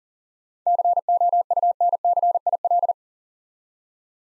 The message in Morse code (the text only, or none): COUNCIL